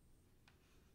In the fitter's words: And you don't have to push too hard on it or anything, just kind of ease it in there, and you'll feel the clicks, and it's on there.